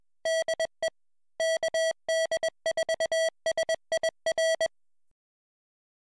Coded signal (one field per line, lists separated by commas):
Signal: Morse code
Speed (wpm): 21 wpm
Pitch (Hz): 650 Hz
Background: music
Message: DE KD4SIR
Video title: Amateur Radio antenna access or coax pass through